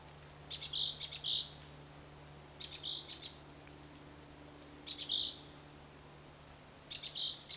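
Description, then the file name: Great tit giving high chattering call bursts of several quick notes, repeated roughly every two seconds four times, over a faint low hum. "Parus major"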